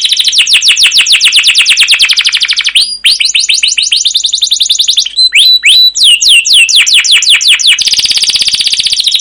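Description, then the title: Canary song: a continuous rolling trill of rapid repeated notes, changing into downslurred chirps and ending in a dense buzzing roll. Long singing canary master recording used as a lure to trigger canaries to sing, described as 'cuit cuit' chirping and rolling. "CUIT CUIT NGEROL LANGSUNG GACOR PANJANG Kenari Ini AMPUH Utk Pancingan KENAR. Masteran Suara Burung Kenari Gacor Panjang cuit cuit Ngerol untuk Pancingan Kenari!"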